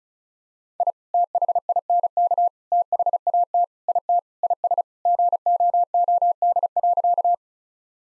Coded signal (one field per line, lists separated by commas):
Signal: Morse code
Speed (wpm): 34 wpm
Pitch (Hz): 700 Hz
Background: none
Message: I THINK THAT IT IS GOOD.